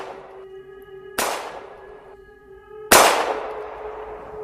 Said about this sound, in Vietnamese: Đồng thời vào lúc này, một tràng tiếng súng lại vang lên.